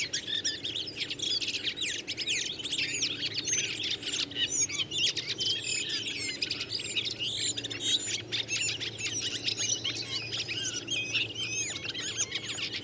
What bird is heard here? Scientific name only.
Turdus iliacus